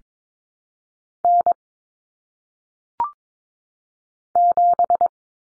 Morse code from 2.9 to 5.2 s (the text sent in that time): 7